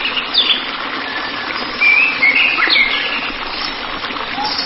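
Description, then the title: White-rumped shama song: short bright whistles and quick slurred notes in a brief burst midway, with constant background hiss. "Kicau Murai Batu"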